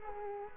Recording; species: mosquito wingbeat signal from an infrared sensor; Culex quinquefasciatus